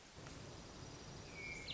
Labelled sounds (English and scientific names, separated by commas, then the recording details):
Hermit Thrush (Catharus guttatus)
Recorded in Sonoma County, California